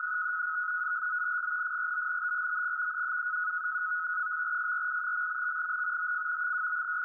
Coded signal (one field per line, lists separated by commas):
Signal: NAVTEX (SITOR-B)